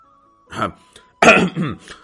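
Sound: two dry coughs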